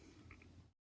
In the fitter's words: we've got everything pushed into the wall we pushed our outlet until it clicked once on the top and once on the bottom and